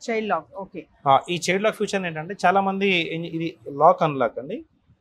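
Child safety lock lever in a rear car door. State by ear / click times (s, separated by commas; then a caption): not seated / none. A man talks while handling the small child-lock lever on the edge of a rear car door, about to move it from unlock to lock. The clip is almost entirely speech and ends just before the lever goes home, so nothing has clicked or seated yet.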